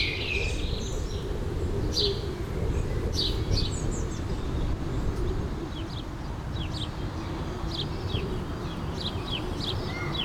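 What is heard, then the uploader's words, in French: A village soundscape with a steady, dense low rumble filling the background, unchanging, like wind or traffic. Over it, small birds chirp in short, bright bursts every second or two throughout. Une impression sonore du village de la Ferté-Milon réalisée à partir d'enregistrements de Nicolas Dubois ( © Sound Fishing).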